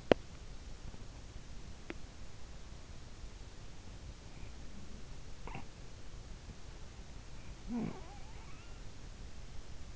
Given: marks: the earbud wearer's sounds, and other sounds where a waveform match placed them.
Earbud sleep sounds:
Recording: sounds in sleep by an in-ear microphone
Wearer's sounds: body movement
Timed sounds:
0.00-0.25 s: body movement
1.82-2.05 s: body movement
5.19-5.71 s: sound from someone else or the room
7.76-8.76 s: sound from someone else or the room

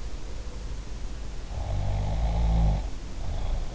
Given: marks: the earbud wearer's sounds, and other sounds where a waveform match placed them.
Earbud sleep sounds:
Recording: sounds in sleep by an in-ear microphone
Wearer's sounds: snoring breath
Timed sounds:
1.55-3.66 s: snoring breath

